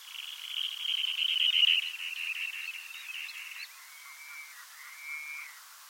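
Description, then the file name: Dunlin trill: a rapid, buzzy, slightly descending reeling trill lasting several seconds, followed by two thin, drawn-out whistled notes. Subspecies arctica; probably Longyearbyen, Svalbard. "MYRSNIPE CALIDRIS ALPINA arctica"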